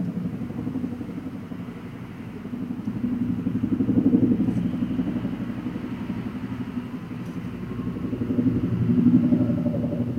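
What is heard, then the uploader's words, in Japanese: Ambient sound recorded from a house window: a steady low rumble of traffic fills the whole clip. It swells twice, around four seconds and again near nine, like vehicles passing, and a couple of faint high ticks break through briefly. 私の家の窓辺から録音した環境音。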